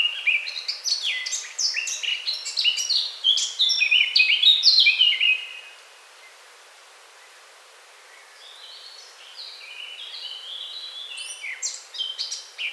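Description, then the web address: Eurasian blackcap singing a fast, scratchy warble that builds to loud clear notes, then a quiet gap and a softer phrase of short notes. "SETE Sylvia atricapilla"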